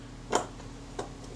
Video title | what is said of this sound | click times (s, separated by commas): Not just a new cocking rack, part 07 | and with a bit of magic it just clicks into place | 0.4 s